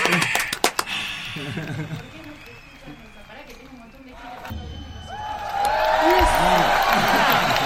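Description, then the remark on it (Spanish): Voices talk over a busy background, then a steady wash of clapping and cheering, as the performers applaud themselves after playing, swells up in the last couple of seconds and stays loud to the end. “Nos aplaudimos nosotros mismos, ¿eh?”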